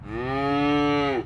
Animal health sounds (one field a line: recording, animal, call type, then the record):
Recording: contact call of a hoofed animal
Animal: cattle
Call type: low-frequency (closed-mouth) or high-frequency (open-mouth) call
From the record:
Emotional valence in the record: negative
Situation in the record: full separation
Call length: 1.26 s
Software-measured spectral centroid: 1510 Hz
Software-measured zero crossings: 1430 a second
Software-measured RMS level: -24 dBFS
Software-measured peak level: -13 dBFS